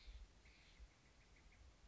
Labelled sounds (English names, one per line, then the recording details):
Steller's Jay
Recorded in Sonoma County, California